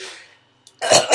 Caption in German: Und schon haben wir den ersten Erstickungsanfall des Abends.